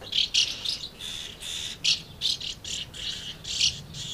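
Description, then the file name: Swallows giving a run of clipped, high, rattling chirps, several notes each second, in a busy chatter. Several swallows, Amblagnieu, 2 July 2017, recorded with an MZ-N710 recorder. "MZ-N 710 Hirondelles Amblagnieu 2 07 17"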